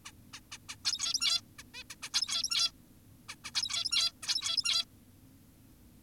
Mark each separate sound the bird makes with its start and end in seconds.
0.06-0.12, 0.34-0.40, 0.52-0.58, 0.69-0.76, 0.85-1.41, 1.59-1.63, 1.74-1.84, 1.90-1.96, 2.03-2.10, 2.14-2.72, 3.29-3.36, 3.44-3.51, 3.55-4.12, 4.23-4.85